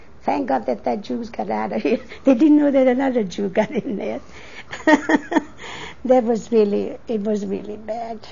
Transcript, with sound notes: "Thank God that that Jew got out of here." They didn't know that another Jew got in there. ( she laughs ) That was really, it was really bad.